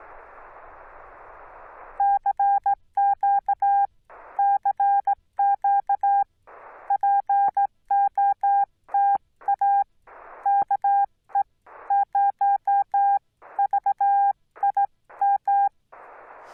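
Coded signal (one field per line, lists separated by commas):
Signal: Morse code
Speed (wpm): 16 wpm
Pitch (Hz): 800 Hz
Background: none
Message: CQ CQ POTA KE0VIM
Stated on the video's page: Rusty CW on a POTA/SOTA activation at Angels Landing, Yaesu FT-891 at 25 watts into a 17-foot Chameleon whip leaned in a tree.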